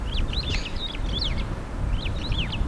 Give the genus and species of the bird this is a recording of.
Lamprotornis superbus